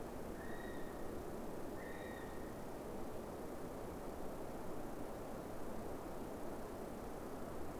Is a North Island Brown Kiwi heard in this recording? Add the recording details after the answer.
yes. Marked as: faintness 3/5. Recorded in New Zealand on 5 November 2015. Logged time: 22:59. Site CQ72